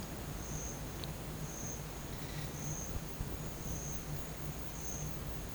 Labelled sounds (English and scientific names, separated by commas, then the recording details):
none
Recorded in dense forest near Puerto Asís, Putumayo, Colombia, on 22 December 2024 at 10:00
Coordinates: 0.484, -76.317
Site G026